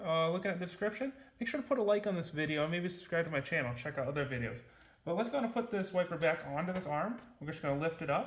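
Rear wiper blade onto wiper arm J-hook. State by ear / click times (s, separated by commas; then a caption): not seated / none. A rear wiper blade on a Chevy Trax / Buick Encore is being handled and lifted to go back onto the J-hook of the wiper arm. Someone talks throughout, and no distinct mechanical sounds stand out. Nothing has seated or snapped into place yet.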